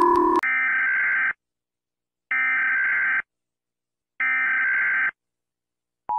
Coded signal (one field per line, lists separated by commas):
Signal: Emergency Alert System (SAME) tones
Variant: header bursts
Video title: Animated Eas Alarms(Series 1) Part 1-10